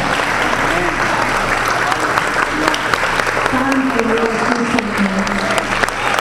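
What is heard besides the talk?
audience applauding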